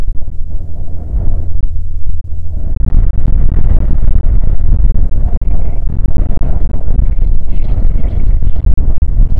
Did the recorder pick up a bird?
yes